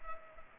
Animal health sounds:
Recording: mosquito wingbeat signal from an infrared sensor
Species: Culex pipiens

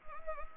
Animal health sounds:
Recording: mosquito wingbeat signal from an infrared sensor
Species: Anopheles arabiensis

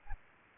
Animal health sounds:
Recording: mosquito wingbeat signal from an infrared sensor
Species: Aedes albopictus

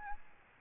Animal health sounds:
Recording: mosquito wingbeat signal from an infrared sensor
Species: Aedes albopictus

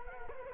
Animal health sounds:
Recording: mosquito wingbeat signal from an infrared sensor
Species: Culex quinquefasciatus

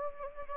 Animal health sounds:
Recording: mosquito wingbeat signal from an infrared sensor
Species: Anopheles gambiae

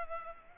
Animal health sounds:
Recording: mosquito wingbeat signal from an infrared sensor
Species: Culex pipiens

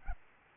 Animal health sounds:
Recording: mosquito wingbeat signal from an infrared sensor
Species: Aedes albopictus

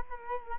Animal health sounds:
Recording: mosquito wingbeat signal from an infrared sensor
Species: Culex quinquefasciatus

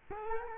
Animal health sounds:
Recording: mosquito wingbeat signal from an infrared sensor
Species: Culex quinquefasciatus

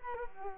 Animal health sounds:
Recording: mosquito wingbeat signal from an infrared sensor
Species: Culex quinquefasciatus

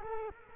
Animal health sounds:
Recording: mosquito wingbeat signal from an infrared sensor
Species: Culex quinquefasciatus

